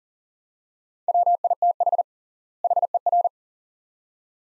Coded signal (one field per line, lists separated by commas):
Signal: Morse code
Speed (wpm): 40 wpm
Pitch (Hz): 700 Hz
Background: none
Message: WITH HER